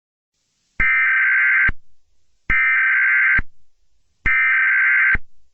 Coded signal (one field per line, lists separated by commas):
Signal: Emergency Alert System (SAME) tones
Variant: header bursts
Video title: Megami Saikou - An EAS scenario (Valentine's Day Special)